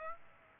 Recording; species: mosquito wingbeat signal from an infrared sensor; Aedes aegypti